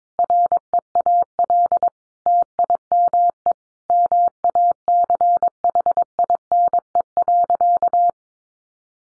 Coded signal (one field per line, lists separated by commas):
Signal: Morse code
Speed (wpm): 22 wpm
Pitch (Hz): 700 Hz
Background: none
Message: REAL TIME MACHINE.